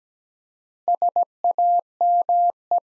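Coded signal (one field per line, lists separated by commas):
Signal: Morse code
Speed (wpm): 17 wpm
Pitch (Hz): 700 Hz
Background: none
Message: SAME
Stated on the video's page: Morse practice sentences built from the top 300 words at 17 wpm with 4x word spacing, a word-based analogue of Farnsworth spacing.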